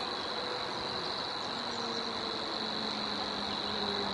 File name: Locustella luscinioides